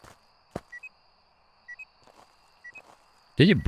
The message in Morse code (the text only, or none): none